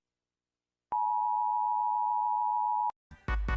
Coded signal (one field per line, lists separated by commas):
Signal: Emergency Alert System (SAME) tones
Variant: 853 and 960 Hz attention tone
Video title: Ranking EAS alarms (cuz why not!)